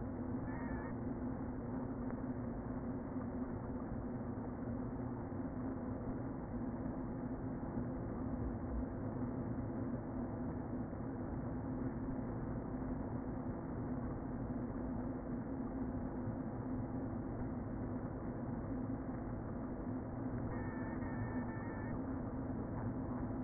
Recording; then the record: honeybee colony, microphone inside the hive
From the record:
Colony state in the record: queen present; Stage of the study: before two queens were removed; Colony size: about 60,000 bees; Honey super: yes